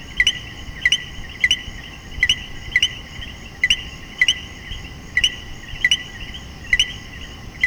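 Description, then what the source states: Common coquí call, a clipped first note and a rising whistled second, repeated about every half second to a second over steady background trilling. Puerto Rico.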